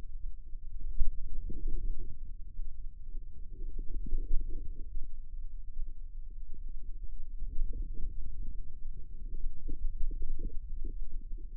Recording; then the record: forearm muscle sounds (acoustic myography)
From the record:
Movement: ulnar deviation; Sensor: system 2, bracelet of six BSWA MPA416 microphones around the upper forearm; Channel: 2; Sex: female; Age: 25 years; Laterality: right